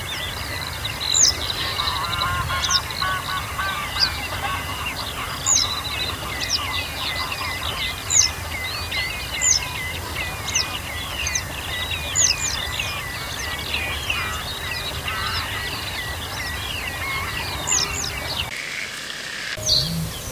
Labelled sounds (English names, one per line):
Western Yellow Wagtail